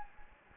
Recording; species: mosquito wingbeat signal from an infrared sensor; Anopheles gambiae